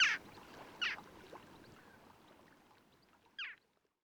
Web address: Grajilla occidental